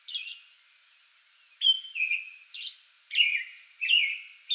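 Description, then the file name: American robin song: short warbled phrases sweeping down and levelling, given in bursts with a pause near the start, plus thin high squeaky notes between them. Pre-dawn song bout recorded on 8 May 2022. "2022-05-08 American Robin pre-dawn song bout"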